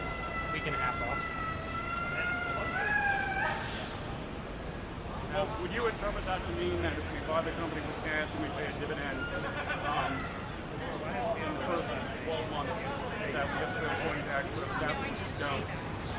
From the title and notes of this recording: A twenty-five minute binaural recording of a walk from Grand Central Terminal to Times Square. A walk from Grand Central to Times Square.